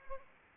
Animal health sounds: mosquito wingbeat signal from an infrared sensor; Anopheles arabiensis

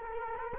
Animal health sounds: mosquito wingbeat signal from an infrared sensor; Culex quinquefasciatus

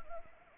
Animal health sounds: mosquito wingbeat signal from an infrared sensor; Anopheles arabiensis

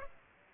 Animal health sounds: mosquito wingbeat signal from an infrared sensor; Aedes aegypti

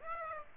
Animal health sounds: mosquito wingbeat signal from an infrared sensor; Aedes aegypti

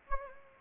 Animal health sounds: mosquito wingbeat signal from an infrared sensor; Anopheles gambiae

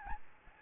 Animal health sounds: mosquito wingbeat signal from an infrared sensor; Aedes albopictus

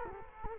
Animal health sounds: mosquito wingbeat signal from an infrared sensor; Culex quinquefasciatus

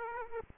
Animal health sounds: mosquito wingbeat signal from an infrared sensor; Aedes aegypti

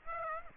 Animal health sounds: mosquito wingbeat signal from an infrared sensor; Aedes aegypti

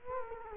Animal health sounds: mosquito wingbeat signal from an infrared sensor; Culex quinquefasciatus

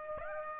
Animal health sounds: mosquito wingbeat signal from an infrared sensor; Aedes aegypti

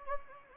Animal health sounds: mosquito wingbeat signal from an infrared sensor; Anopheles gambiae

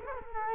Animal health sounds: mosquito wingbeat signal from an infrared sensor; Culex quinquefasciatus

